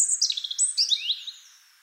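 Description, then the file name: European robin song fragment: a quick, high, twittering burst of thin notes and short trills, fading away within two seconds. "Erithacus rubecula"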